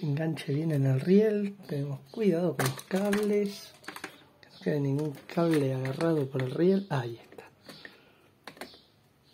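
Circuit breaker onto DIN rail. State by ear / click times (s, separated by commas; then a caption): not seated / none. Someone talks while a circuit breaker is pressed onto a DIN rail, with a few short sharp knocks and taps around 3.9–4.4 s and again near 7.4–8.6 s. The breaker does not hook onto the rail, and nothing has seated or clicked yet.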